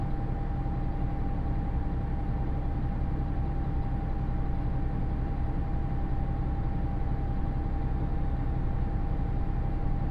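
Inside the Yosan Line limited express Uwakai No. 5, running from Iyo-Ōzu toward Uwajima, a steady low rumble fills the clip with no pauses or changes. A thin, constant whine sits above the drone the whole time, with faint rattling woven through.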